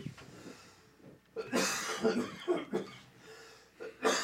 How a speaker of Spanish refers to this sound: para que se te quite la tos. Estamos sonriendo y tosiendo al mismo tiempo.